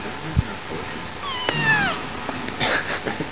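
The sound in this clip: Cat giving a single short meow with falling pitch, followed by faint clicks and rustling.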